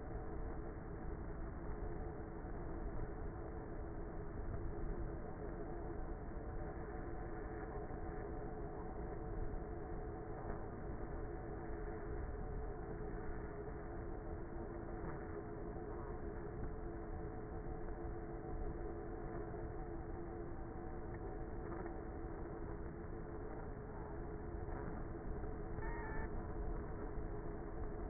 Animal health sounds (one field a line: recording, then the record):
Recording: honeybee colony, microphone inside the hive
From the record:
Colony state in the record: queenless with a low population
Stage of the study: before two queens were removed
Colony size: about 30,000 bees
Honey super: no